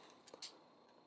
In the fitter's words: will just clip in right there and